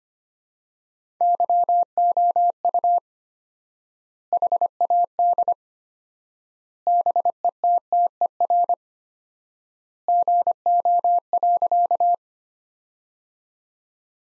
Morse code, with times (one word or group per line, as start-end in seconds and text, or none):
1.2-3.0 YOU
4.3-5.5 HAD
6.9-8.7 BETTER
10.1-12.1 GO.